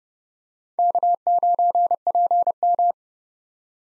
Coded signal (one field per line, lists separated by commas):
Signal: Morse code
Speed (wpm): 30 wpm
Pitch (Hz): 700 Hz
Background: none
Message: K9PM